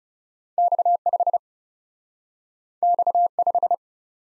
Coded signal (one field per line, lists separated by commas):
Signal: Morse code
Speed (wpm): 40 wpm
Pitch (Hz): 700 Hz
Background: none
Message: X 5 X 5